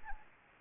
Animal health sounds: mosquito wingbeat signal from an infrared sensor; Anopheles gambiae

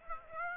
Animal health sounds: mosquito wingbeat signal from an infrared sensor; Aedes aegypti

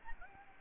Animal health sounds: mosquito wingbeat signal from an infrared sensor; Aedes albopictus

